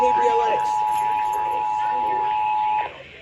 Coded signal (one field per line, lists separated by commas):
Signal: Emergency Alert System (SAME) tones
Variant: 853 and 960 Hz attention tone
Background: speech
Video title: EAS #237 Severe Thunderstorm Warning On KSCS And KPLX-FM